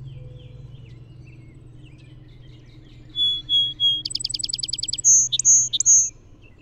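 Song sparrow song: three clear steady notes, then a fast rattling trill, finishing with alternating high and lower chirps over a faint low hum.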